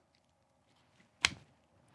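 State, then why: Seated. An MKC Blackfoot 2.0 fixed-blade knife, an American-made knife priced around $300, is pushed into its holster until it snaps home. A single sharp, bright snap rings out at 1.3 seconds against a quiet background, then decays over the next few tenths of a second. The knife is seated in its sheath.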